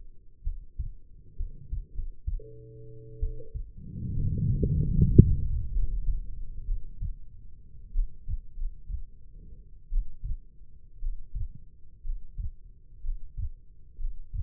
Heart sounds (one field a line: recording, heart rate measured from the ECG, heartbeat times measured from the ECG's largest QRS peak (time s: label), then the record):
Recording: heart sounds by stethoscope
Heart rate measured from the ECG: 62 bpm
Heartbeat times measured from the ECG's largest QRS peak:
0.43 s: heartbeat
1.36 s: heartbeat
1.93 s: heartbeat
3.19 s: heartbeat
4.13 s: heartbeat
4.93 s: heartbeat
5.71 s: heartbeat
6.65 s: heartbeat
7.92 s: heartbeat
8.55 s: heartbeat
9.90 s: heartbeat
11.00 s: heartbeat
12.03 s: heartbeat
13.02 s: heartbeat
13.98 s: heartbeat
From the record:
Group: healthy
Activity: rest 0-3 s, breath hold 3-14 s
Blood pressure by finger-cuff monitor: 103/64 mmHg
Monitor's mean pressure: 75 mmHg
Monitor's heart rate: 58 bpm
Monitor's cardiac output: 5.1 L/min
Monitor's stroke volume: 81 mL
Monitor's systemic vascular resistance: 1040 dyn s/cm5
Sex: female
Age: 22 years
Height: 171 cm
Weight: 65.6 kg